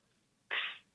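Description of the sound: A brief breathy whoosh of air from a home mechanical ventilator delivering a breath to a man with Duchenne muscular dystrophy who depends on it to breathe.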